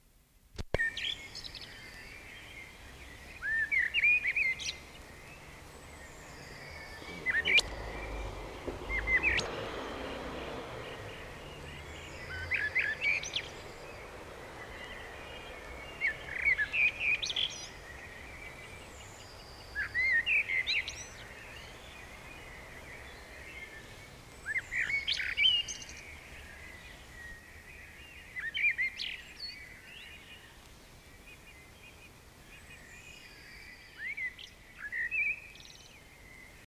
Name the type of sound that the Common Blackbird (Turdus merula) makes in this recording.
song